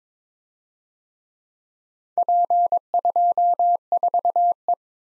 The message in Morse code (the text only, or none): P24E